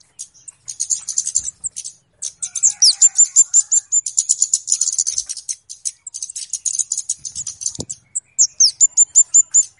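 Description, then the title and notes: Flowerpecker calls, scattered high ticking notes building into a dense chatter, ending with a row of evenly spaced sharp chips. Call recording of a flowerpecker, locally called kemade or cabe cabean, used as a lure (pikat) to attract birds. "Kicau Burung Kemade ( Cabe Cabean) Jernih. Suara Burung Cabe Cabean Pikat"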